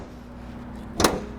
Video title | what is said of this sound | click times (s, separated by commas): This Entry-Level 2024 Toyota Land Cruiser "1958" is a Home Run ! | There we go, nice satisfying click. | 1.1 s